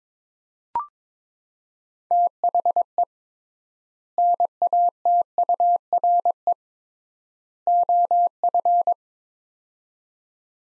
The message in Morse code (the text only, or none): THE NATURE OF